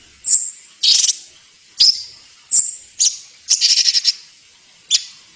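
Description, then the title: Bird song: high whistled slurs alternating with scratchy chirps and a short pulsed trill, spaced out with brief silences. Masteran recording, used for training songbirds. "Suara masteran Burung"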